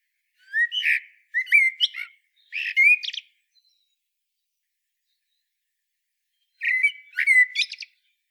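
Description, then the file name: Common blackbird song: three closely spaced warbled whistle phrases with scratchy high endings, a silence of several seconds, then one more phrase with a twittered tail. "Turdus merula"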